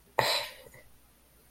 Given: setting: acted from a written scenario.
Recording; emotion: vocal sound without words; guilt